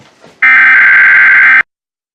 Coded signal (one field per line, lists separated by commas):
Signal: Emergency Alert System (SAME) tones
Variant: header bursts